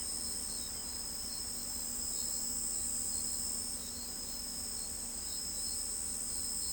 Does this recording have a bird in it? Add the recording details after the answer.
no. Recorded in pastures near Pivijay, Magdalena, Colombia, on 5 June 2023 at 04:30. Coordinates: 10.456, -74.369. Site P6-G026